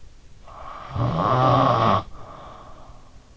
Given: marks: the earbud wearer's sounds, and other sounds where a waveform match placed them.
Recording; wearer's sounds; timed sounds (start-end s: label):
sounds in sleep by an in-ear microphone; snoring breath
0.29-3.02 s: snoring breath